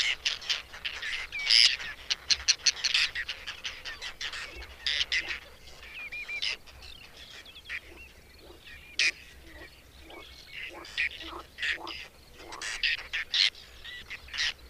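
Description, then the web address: Whiskered tern chorus of scratchy, grating calls, overlapping, with brief squeaky notes mixed in. "agykontroll Madardalok Cd 3. Fattyúszerkő"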